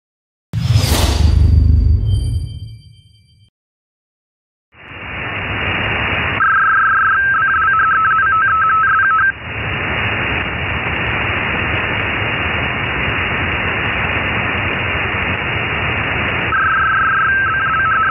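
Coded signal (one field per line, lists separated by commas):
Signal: RTTY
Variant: 51 baud, 270 Hz shift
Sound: burst of noise, then radio hiss with warbling two-tone teletype chatter in two stretches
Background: radio static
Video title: Boya RTTY para redes pesqueras en 10 metros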